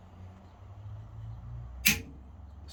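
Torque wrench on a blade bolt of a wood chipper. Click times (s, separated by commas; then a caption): 1.9 s. A torque wrench tightens another blade bolt on a TW150 wood chipper over a low steady rumble, and the wrench gives one sharp click at 1.9 s when it reaches its 60 Nm setting. The bolt is confirmed tight enough, matching the user manual's specification.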